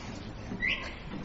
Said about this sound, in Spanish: Un silbido. Otro silbido.